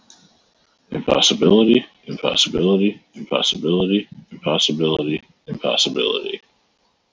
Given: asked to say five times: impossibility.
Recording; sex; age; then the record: repeated word; male; 30 to 39 years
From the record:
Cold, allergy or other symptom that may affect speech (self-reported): no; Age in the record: 31 years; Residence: Arizona, United States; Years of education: 17